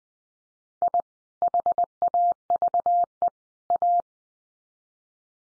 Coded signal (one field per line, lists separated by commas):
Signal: Morse code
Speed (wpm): 20 wpm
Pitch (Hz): 700 Hz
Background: none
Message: I HAVE A